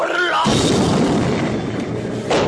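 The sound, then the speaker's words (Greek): After a brief tonal sound, a loud firecracker explosion booms out, followed by nearly two seconds of dense, crackling rumble that cuts off abruptly near the end. It is an improvised incendiary device exploding at former prime minister Kostas Simitis' office at 35 Akadimias Street, shortly before 9 in the evening. “Εγώ πήγα και έβανα κροτίδες τις λέγανε.”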